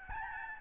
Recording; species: mosquito wingbeat signal from an infrared sensor; Aedes albopictus